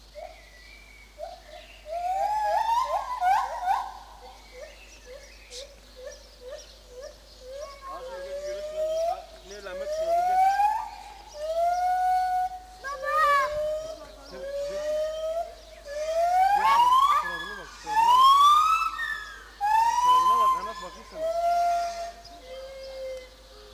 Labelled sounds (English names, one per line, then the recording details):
Lar Gibbon
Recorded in captivity
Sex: pair
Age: adult
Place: Zoo Berlin, Berlin, DE
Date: 2004-06-07 13:20
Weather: heiter bis wolkig, 23-25°C
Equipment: Sony WM-D6C, Sennheiser ME 80, Kopie Uher 4000 Report Monitor
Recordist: Tembrock, Günter